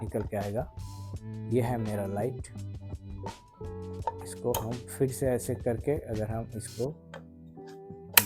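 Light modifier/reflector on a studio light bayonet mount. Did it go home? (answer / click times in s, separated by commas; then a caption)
yes / 8.2 s. A light modifier/reflector is rotated onto the bayonet mount of a Digitek bi-color continuous studio light while someone talks over background music. At 8.2 s a sharp, loud click rings out as the mount seats and locks so the attachment will not come off.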